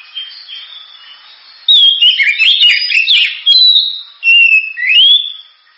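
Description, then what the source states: Oriental magpie-robin song, a rich run of loud varied whistles, slurred notes and scratchy twitters, rising and falling phrases over steady background hiss. Champion song bird.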